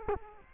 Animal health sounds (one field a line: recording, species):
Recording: mosquito wingbeat signal from an infrared sensor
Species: Culex quinquefasciatus